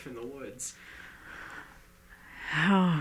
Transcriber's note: she sighs